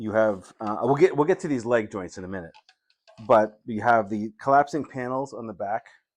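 Someone talks while handling the collapsing plastic back panels on a large Grendizer robot action figure, a Future Quest Grand Action Bigsize Model. The panels are being moved toward position, but nothing has seated or clicked yet.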